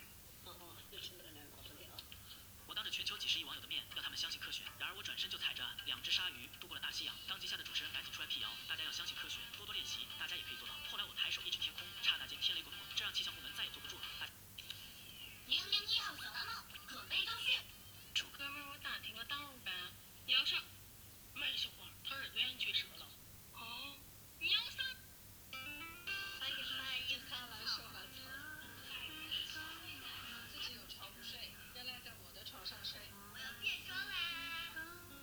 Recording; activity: daily activity, guitar pickup as the sensor; browse video